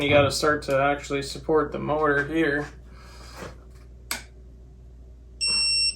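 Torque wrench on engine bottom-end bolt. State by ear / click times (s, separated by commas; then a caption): torque reached / 4.1 s. Someone talks while a click-type torque wrench is pulled on a bottom-end bolt (rod or main cap fastener) of a 2JZ engine block. The wrench gives a sharp click at 4.1 s when it reaches its setting of 60, confirming the bolt is torqued. A steady high-pitched tone sounds from about 5.4 s to the end.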